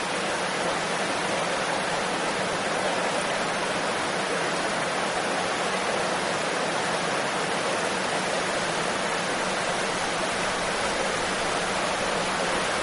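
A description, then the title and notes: Ocean waves wash in a steady, dense rush with a constant hiss and no distinct breaking crashes, sounding evenly bright throughout. Calming waves and gentle sea breezes.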